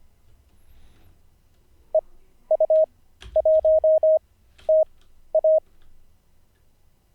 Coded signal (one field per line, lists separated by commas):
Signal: Morse code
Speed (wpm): 25 wpm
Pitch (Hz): 630 Hz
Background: none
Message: EU1TA